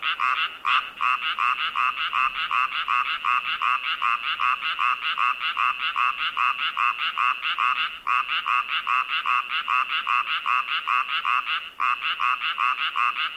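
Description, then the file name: Frog gives rapid, rhythmic croaks, about two or three a second, in a steady run that pauses briefly twice. Frogs in an unused swimming pool. "ANIMAL FROGS UNUSED SWIMMING POOL"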